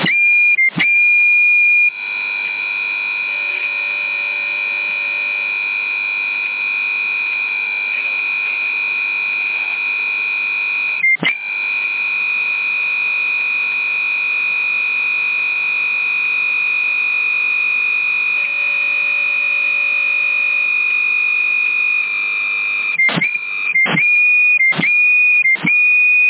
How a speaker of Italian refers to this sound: Vabbè, fai tanto, io sto pulendo ultrasuoni adesso, sì che sentirai un po' di casino.